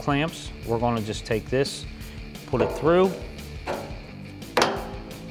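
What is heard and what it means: Someone talks while the trailer hitch wiring plug housing, held by two spring clamps, is pushed up through its hole in a steel Barricade HD rear bumper for a 2014-2021 Tundra. A sharp snap is heard at 4.6 seconds, and the clamps lock into place, seating the plug housing in the bumper.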